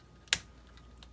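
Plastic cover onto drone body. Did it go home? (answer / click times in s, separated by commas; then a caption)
yes / 0.3 s. A plastic board cover or shell part on a Hubsan Zino drone body is pressed into place after checking that the plugs are not pinched. It snaps home with one sharp, bright click at 0.3 s. Fainter small ticks follow, and the cover is seated.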